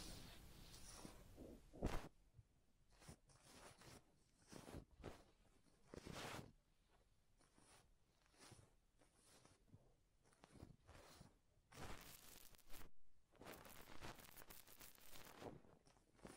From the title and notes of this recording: ASMR Real Head Massage and Ear Cleaning (No Talking).